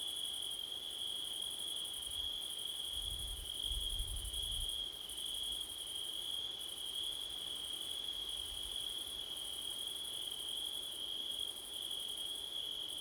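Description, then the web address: Cricket chorus with a constant high ringing note and an upper pulsed trill pausing at intervals; gusts of wind swell low in the first half. Crickets on a windy September night; Blumlein stereo microphone pair. "audio crickets wind september night blumlein"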